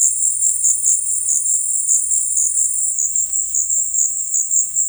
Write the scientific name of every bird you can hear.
none